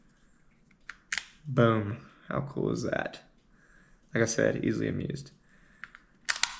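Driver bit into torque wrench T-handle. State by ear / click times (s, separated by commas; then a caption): seated / 6.4 s. A small driver bit is pressed into the socket of a torque wrench's T-handle and clicks into place at 6.4 s, where it is held. Someone talks between a few sharp clicks earlier in the clip.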